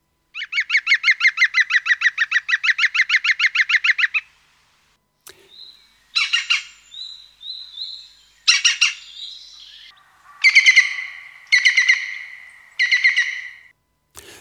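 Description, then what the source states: European green woodpecker song, a rapid run of many even notes lasting about four seconds, followed by several shorter harsh call bursts with gaps between them. Call a loud kiaq, single or repeated three to four times; song same note repeated rapidly about ten times, slightly decrescendo; very vocal in spring; does not drum; forest species of broadleaf woods, also urban.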